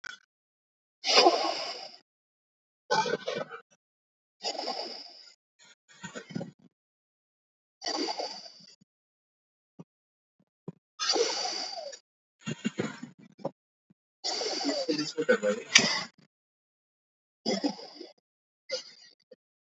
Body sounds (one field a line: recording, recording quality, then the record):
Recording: deep breathing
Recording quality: excellent, no background noise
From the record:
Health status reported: healthy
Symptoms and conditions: none ticked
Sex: male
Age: 25 years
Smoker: not ticked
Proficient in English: yes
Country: India